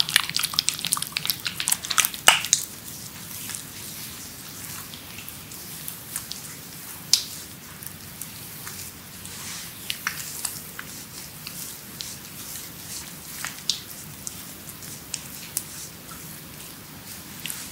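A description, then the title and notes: A creamy full body massage: soft, wet crackles and sticky little taps from lotion on skin, thickest and busiest in the first two seconds. After that the pops come sparser and irregular over a steady, low murmur that continues throughout. ASMR Creamy Full Body Massage by Adel.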